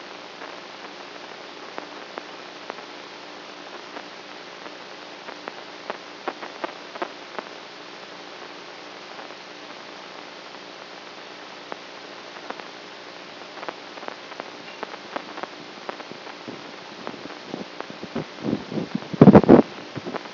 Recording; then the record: brain microelectrode recording played as sound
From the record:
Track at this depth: outside the subthalamic nucleus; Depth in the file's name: 6.001 mm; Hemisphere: right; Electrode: 3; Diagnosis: Parkinson's disease